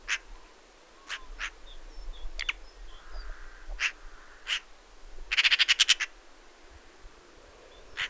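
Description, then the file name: Eurasian magpie producing one rapid harsh rattle midway, surrounded by scattered single rasping notes and a faint background hum. "Pica pica"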